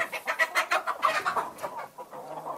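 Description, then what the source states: Chickens clucking, a run of short clucks and squawks, uneven in rhythm. Mixed flock of chickens, some home-bred and some hatchery overruns bought by the hundreds, at Rocky Top Ranch, Holton, Kansas; the speakers note a pecking order among them.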